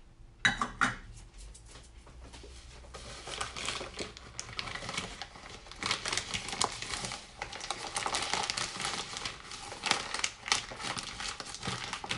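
Making banana bread: dense, irregular clicking and scraping of utensils against a bowl, with sharp clatters near the start and around ten seconds.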